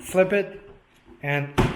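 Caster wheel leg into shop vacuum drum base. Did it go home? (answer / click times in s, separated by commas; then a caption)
no / none. Someone talks while handling a caster wheel leg for the plastic drum of a Rigid 14 Gal. 6 HP NXT wet/dry shop vacuum, which is flipped upside down so the leg can be pushed into its socket in the base. A short, dull knock of handling comes at about 1.6 s. Nothing has seated or clicked yet.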